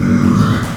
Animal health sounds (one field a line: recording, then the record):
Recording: squeal of a Yucatan mini pig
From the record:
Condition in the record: after surgery on the right vocal fold (resection and tissue-engineered implant)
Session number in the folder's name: 12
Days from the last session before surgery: 105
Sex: female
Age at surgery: 19 weeks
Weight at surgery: 25 kg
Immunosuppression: prednisolone